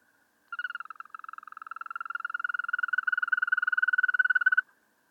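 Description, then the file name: European green toad giving a single long, even trill about four seconds long, its fast pulses starting slightly uneven, then steadying and growing louder. "Wechselkröte"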